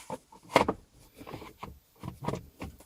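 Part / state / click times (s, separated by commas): upper steering column cover onto lower cover / seated / 0.6 s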